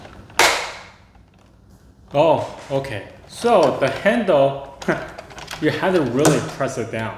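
The plastic handlebar of a toy stick vacuum is pressed down hard into its socket on the vacuum body and seats with a sharp click at 0.4 s, pressed firmly so it sits securely and doesn't keep coming off. After a quiet pause, someone talks for the rest of the clip.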